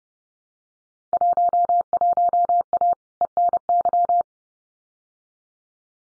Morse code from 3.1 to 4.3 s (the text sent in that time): ENY